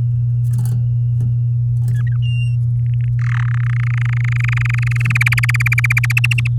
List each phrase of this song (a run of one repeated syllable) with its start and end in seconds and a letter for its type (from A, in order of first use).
1.94-2.16 A, 2.22-2.56 B, 2.79-3.08 C, 3.19-3.52 D, 3.54-5.12 E, 5.15-6.12 F, 6.17-6.47 G